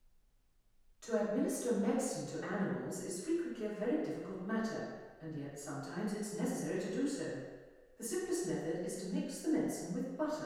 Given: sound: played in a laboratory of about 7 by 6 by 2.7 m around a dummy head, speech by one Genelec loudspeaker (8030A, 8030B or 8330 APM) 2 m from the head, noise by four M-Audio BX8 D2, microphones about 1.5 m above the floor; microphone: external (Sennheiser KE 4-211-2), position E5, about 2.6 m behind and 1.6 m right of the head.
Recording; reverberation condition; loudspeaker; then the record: female speech in English; high; in front (0 degrees)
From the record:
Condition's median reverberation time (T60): about 1300 ms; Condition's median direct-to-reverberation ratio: about -4.0 dB